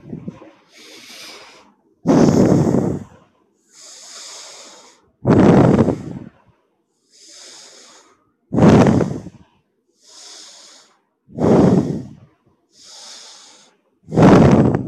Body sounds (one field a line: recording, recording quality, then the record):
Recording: deep breathing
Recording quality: excellent, no background noise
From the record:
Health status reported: healthy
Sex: male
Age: 22 years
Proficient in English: yes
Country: India